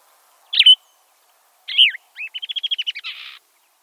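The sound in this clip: Gray vireo song: a burry slurred note, a second husky note, then a rapid series of even notes ending in a buzzy trill.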